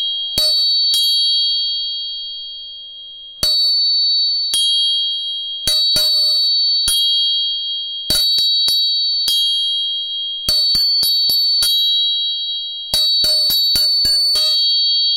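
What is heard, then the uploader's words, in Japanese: Three tuning forks are struck again and again, each tap a sharp metallic click that leaves a clear, high ringing tone hanging steadily in the air. Strikes come irregularly, sparse at first and then in quick clusters toward the end, with a faint lower hum underneath. 音叉チューニング3本。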